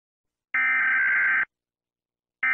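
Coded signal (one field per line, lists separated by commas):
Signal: Emergency Alert System (SAME) tones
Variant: header bursts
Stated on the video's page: Fictional EAS scenario tones.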